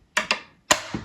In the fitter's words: That way it snaps right into place.